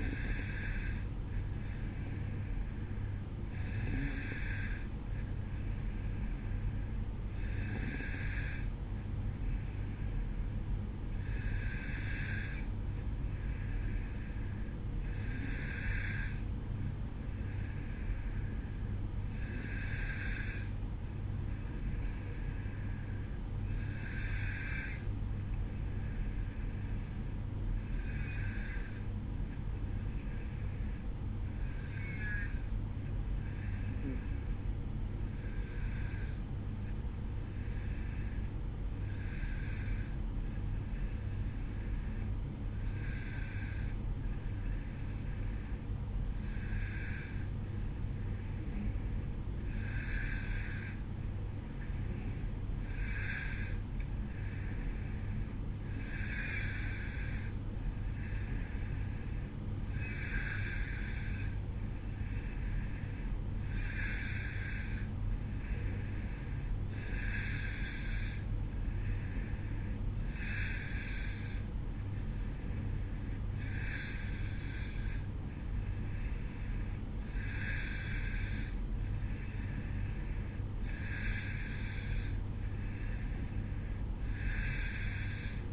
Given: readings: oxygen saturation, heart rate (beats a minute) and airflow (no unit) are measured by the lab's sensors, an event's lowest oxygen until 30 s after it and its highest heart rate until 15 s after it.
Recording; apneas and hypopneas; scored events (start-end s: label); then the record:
breathing in sleep by a smartphone at the bedside; 1
19.00-57.70 s: hypopnea (N1, oxygen 94% highest, then 92% lowest, heart rate 55 at the start, 59 highest)
23.00-85.73 s: new sleep stage, N2 (light sleep)
From the record:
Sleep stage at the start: N1 (lightest sleep); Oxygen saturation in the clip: 92 to 94%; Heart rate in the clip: 53 to 59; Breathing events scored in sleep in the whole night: 305 in 9.6 hours asleep